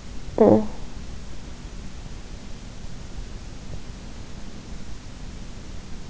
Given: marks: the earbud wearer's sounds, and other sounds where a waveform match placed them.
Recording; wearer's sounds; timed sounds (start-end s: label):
sounds in sleep by an in-ear microphone; talking in sleep
0.33-0.87 s: talking in sleep